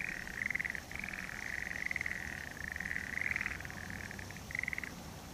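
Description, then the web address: Frog calling in rapid pulsed trills, short rattling bursts repeated in quick succession with brief gaps, over steady background noise. "kanakana kaeru"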